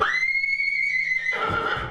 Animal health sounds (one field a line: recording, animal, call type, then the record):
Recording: contact call of a hoofed animal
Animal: horse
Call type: whinny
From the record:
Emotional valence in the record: negative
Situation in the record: group separation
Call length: 1.91 s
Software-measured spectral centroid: 2040 Hz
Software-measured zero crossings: 3730 a second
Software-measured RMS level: -24 dBFS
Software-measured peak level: -9 dBFS